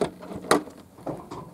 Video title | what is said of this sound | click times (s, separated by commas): Mercury ProXS 115 - How To Remove Lower Cowling. | you hear it click | 0.5 s